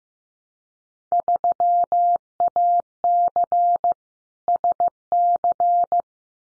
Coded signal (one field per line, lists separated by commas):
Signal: Morse code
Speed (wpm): 15 wpm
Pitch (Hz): 700 Hz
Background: none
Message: 3AC SC